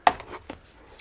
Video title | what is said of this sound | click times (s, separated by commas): Intergas Servicing and Commissioning | and push that directly into the contact trap you've heard that click in place | 0.1 s